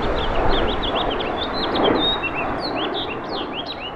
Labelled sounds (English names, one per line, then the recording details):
House Finch song
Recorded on Long Island, New York, on 20 April 2012
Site GC
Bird D